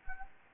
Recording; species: mosquito wingbeat signal from an infrared sensor; Anopheles gambiae